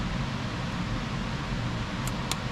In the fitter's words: another satisfying click